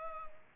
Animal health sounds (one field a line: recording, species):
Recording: mosquito wingbeat signal from an infrared sensor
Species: Culex pipiens